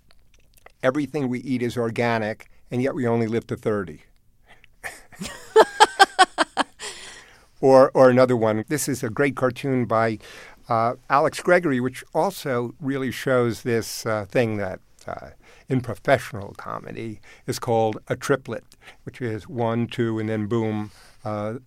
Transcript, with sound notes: everything we eat is organic, and yet, we only live to 30.
(Laughter).
Or another one - this is a great cartoon by Alex Gregory, which also really shows this thing that in professional comedy is called a triplet, which is one, two and then boom